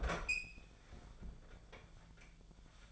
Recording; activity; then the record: daily activity, microphone in the room; open fridge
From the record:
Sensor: 5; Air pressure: 1009.8 hPa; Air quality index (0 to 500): 161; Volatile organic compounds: 4 ppm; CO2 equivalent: 1565 ppm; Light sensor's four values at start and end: 128/324/136/145 and 130/331/139/147